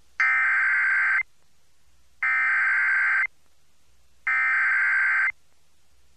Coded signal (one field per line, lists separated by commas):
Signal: Emergency Alert System (SAME) tones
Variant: header bursts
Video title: (YOUTUBE FIRST!) (EAS #8) (WCVV-FM) Flood Warning For Athens OH (1/29/2024)